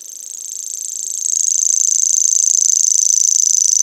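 Grasshopper song, a high rapid pulsed buzz that builds in loudness over the first second and a half, then continues steadily.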